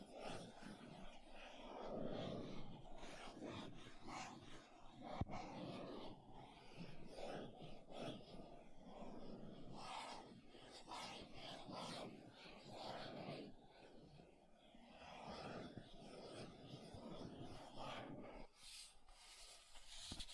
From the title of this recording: MAKEUP TAPPING & SCRATCHING